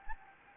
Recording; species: mosquito wingbeat signal from an infrared sensor; Anopheles gambiae